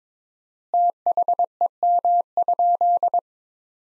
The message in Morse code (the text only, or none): THEM?